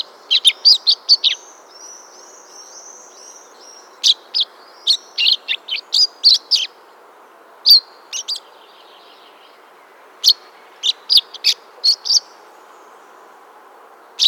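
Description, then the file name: Common chaffinch calls: clusters of brief, bright chirps in rapid runs, pausing and starting again, with a thin wavering whistle early on. "Fringilla coelebs"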